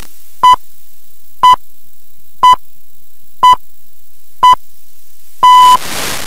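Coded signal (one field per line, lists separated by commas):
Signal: radio time signal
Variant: time pips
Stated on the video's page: Time pips from Radio Rossii on 66.05 MHz OIRT via Pskov 17 kW ERP, received by Sporadic E on an RTL-SDR with horizontal or vertical antenna.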